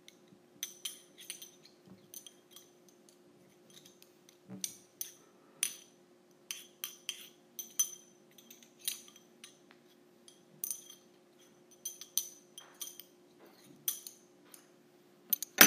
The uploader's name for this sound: ASMR Using Metal Straws